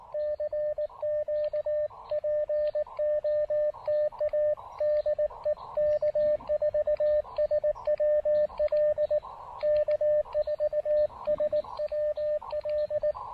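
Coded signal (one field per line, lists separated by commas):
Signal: Morse code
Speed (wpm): 19 wpm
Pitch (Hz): 600 Hz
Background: radio noise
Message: CQ POTA DE K4SWL K4SWL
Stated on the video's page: CW Parks on the Air activation with an Elecraft KX2 and a borrowed antenna.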